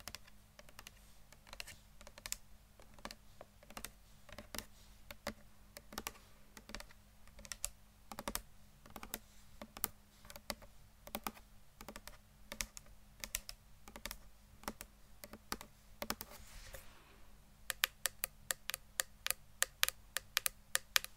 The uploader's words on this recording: ASMR Best Tapping For ULTIMATE Brain Tingles (No Talking).